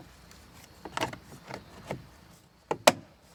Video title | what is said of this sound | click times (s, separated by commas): DOOR WON'T OPEN! - 2004-2008 Ford F150 Extended Cab Rear Door Repair | window piece that snaps back in. | 1.0 s, 2.9 s